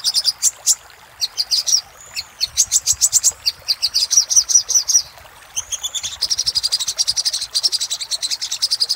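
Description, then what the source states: Little spiderhunter song: fast series of high, sharp chipping notes in bursts separated by short pauses, with longer even runs toward the end. Master recording used for training cage birds; Indonesian name sogok ontong labaik.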